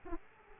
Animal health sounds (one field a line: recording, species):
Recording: mosquito wingbeat signal from an infrared sensor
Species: Aedes aegypti